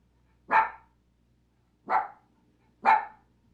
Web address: Matthew Kramer GUAG Audio GUAG SFX Dog, Puppy Barking, Animal